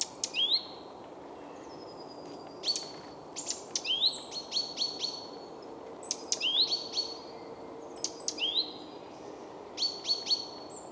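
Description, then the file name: Great tit calls: repeated phrases of high clicks and upward-sweeping buzzy notes, several times in a row against steady background noise. "Parus major"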